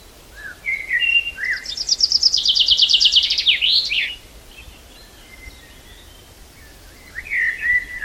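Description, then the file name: Common chaffinch delivers one full song, a rapid series of ringing notes descending in pitch before a sharp final flourish, with a few faint calls around it. "Fringilla coelebs"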